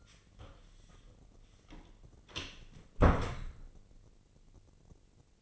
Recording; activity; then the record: daily activity, microphone in the room; close door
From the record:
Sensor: 4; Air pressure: 1013.2 hPa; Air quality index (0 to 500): 176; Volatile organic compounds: 2 ppm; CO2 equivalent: 1110 ppm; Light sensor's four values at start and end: 87/218/91/96 and 69/168/70/71